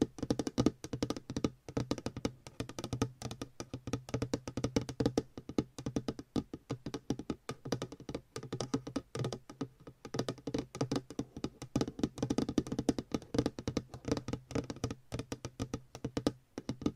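Long nails tap and scratch in a fast, continuous patter, dozens of crisp clicks per second with brief lulls around 2, 6 and 10 seconds. The taps are bright and clicky over a steady low hum that runs underneath throughout.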